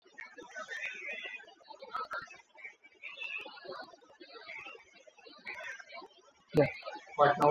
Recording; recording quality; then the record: shallow breathing; poor, much background noise or distortion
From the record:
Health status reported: COVID-19 positive, mild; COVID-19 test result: positive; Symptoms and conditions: cough, breathing difficulty, sore throat, fever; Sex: male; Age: 35 years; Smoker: not ticked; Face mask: not worn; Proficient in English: yes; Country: India